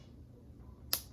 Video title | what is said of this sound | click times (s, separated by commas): DIY WIG STORAGE : HOW TO BUILD A PLASTIC SHOE BOX | You're gonna hear a click. | 0.9 s